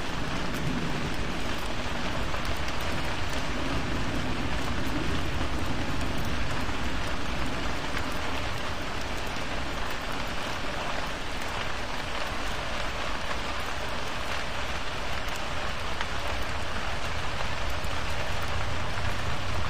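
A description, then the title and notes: Heavy rain pours down steadily for the whole time, a dense, even hiss with a low rumbling undertone and no distinct thunderclaps. Thunderstorm and Rain Sounds. White Noise Thunder with Rainstorm.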